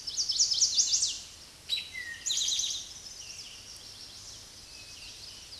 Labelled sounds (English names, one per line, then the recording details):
Eastern Towhee song
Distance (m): 5 m
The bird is about 5 m above the microphone
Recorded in a Pennsylvania forest on 16 May 2024 at 06:08
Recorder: AudioMoth, point MSD-2166
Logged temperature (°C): 16.3 °C
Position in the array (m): 108 m, 6 m